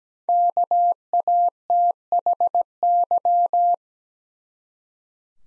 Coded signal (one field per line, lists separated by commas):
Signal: Morse code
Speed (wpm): 17 wpm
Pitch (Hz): 700 Hz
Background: none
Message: KATHY